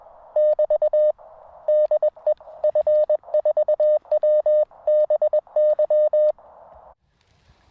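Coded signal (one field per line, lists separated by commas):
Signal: Morse code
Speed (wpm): 21 wpm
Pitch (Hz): 610 Hz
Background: none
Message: <BT> DE F4WBY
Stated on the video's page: Portable HF station using a Weber MTR with a 49:1 half-wave end-fed transformer.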